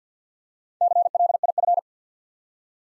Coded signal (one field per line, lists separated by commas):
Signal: Morse code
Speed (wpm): 49 wpm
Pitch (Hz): 700 Hz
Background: none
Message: CLIF